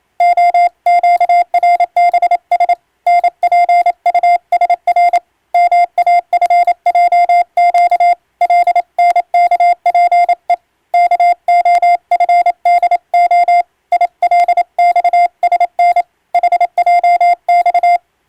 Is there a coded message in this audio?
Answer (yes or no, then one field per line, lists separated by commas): yes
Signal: Morse code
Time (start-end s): 0.2-18.0 s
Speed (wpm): 28 wpm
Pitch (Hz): 700 Hz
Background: none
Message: OQRBS NPUSR MAFJQ LNKPE KOFDO ILXSN HJX